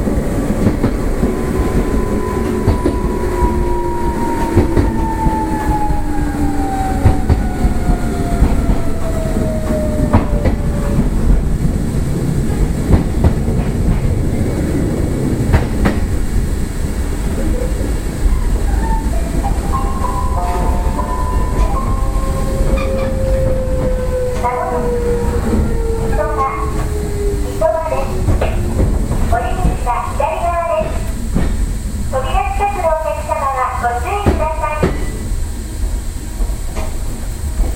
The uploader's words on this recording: 西鉄600系 貝塚線 新宮から貝塚まで. 西日本鉄道６００系電車の走行音です。 貝塚線で録音しました。 It is a running sound of a series train of Nishinippon Railway 600 series.